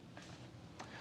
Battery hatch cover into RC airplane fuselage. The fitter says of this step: so nicely done looks like the battery is very easy to access and to replace the cover you simply slide it in and just give it a push until it clicks